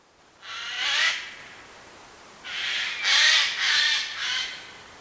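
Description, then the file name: Eurasian jay calls: one harsh, tearing screech, a pause, then four rasping screeches in close succession. "Garrulus glandarius"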